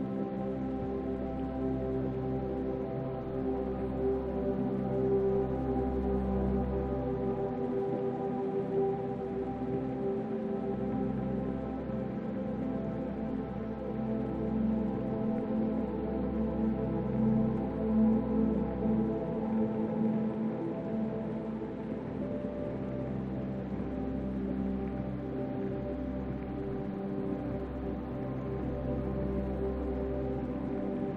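Soft piano plays slow, sustained chords in a warm low-to-middle range, the notes blending into a steady, even wash without sharp attacks.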